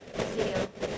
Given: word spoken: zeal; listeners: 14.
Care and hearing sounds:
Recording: one English word in noise, from a listening test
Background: noise modulated by three-talker babble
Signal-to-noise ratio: -4.5 dB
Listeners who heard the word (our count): 1 of 14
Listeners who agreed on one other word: 10 of 14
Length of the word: 0.58 s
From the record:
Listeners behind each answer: 10, 2, 1, 1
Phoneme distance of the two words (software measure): 10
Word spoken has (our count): 1 syllable, 3 phonemes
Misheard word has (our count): 1 syllable, 3 phonemes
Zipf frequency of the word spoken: 2.81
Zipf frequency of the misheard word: 4.28

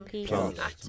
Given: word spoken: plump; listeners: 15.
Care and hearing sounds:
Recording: one English word in noise, from a listening test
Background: four-talker babble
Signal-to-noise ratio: -0.6 dB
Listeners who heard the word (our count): 0 of 15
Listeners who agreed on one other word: 8 of 15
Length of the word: 0.49 s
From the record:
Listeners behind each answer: 8, 3, 2, 1, 1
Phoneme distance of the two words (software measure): 30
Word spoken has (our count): 1 syllable, 5 phonemes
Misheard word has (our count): 1 syllable, 5 phonemes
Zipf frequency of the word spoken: 3.60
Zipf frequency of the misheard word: 4.81

